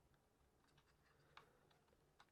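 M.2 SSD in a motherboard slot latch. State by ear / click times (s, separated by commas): seated / 1.4 s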